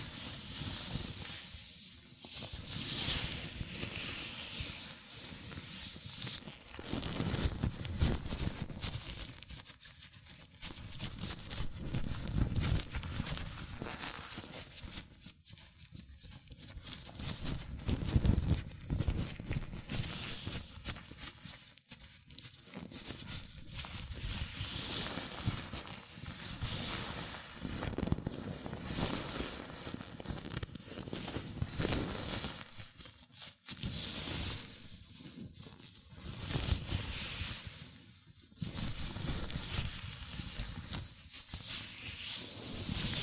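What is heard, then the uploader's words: Hands in latex gloves rub and squeak against each other in a steady, dense stream of rustling friction that fills the low and bright ranges alike. The motion pauses briefly every several seconds, around 2, 10, 16, 22 and 33–38 seconds, then resumes. ASMR Latex Gloves Hand Sounds (No Talking).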